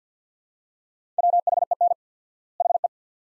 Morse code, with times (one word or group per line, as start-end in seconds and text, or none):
1.2-1.9 WHEN
2.6-2.9 HE